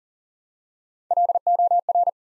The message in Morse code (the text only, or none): LOR